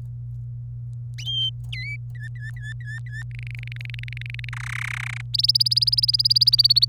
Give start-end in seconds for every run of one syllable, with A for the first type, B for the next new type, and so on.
1.73-1.96 A, 2.15-3.23 B, 3.31-4.49 C, 4.53-5.21 D, 5.34-6.85 E